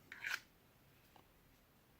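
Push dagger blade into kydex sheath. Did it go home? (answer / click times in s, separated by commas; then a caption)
no / none. A push dagger blade is pushed into a molded kydex sheath, making a short bright scraping slide from about 0.1 to 0.4 s and a faint soft tap near 1.2 s. It seats snugly with good retention and no rattle, but it does not click in.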